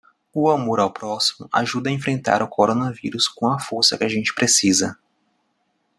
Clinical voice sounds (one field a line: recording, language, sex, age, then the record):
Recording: spoken sentence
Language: Brazilian Portuguese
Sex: male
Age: 20 to 29 years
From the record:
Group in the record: control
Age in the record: 27 years